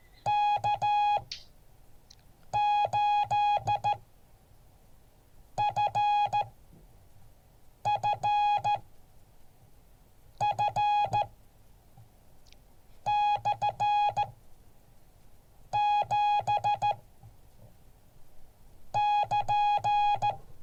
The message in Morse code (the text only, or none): K8FFF/7 <KN>